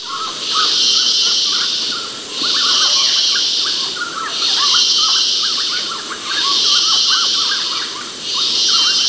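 Cicada chorus of shrill hissing buzzes pulsing in long swells about every two seconds, while scattered short bird calls twitter underneath.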